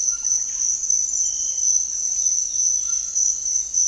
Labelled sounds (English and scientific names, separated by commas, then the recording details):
none
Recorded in secondary vegetation near Puerto Asís, Putumayo, Colombia, on 4 March 2025 at 06:30
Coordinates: 0.499, -76.323
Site G094